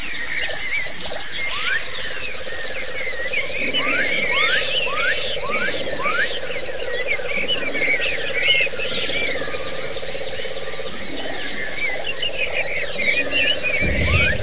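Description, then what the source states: White-eye chorus, many birds pouring out rapid high twittering notes and slurred chirps at once, over a steady low humming tone. Massed chorus of many white-eyes ('ombyokan'), played as a therapy and training recording for caged birds (masteran).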